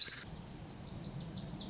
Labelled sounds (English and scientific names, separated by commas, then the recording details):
Lazuli Bunting (Passerina amoena)
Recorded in Sonoma County, California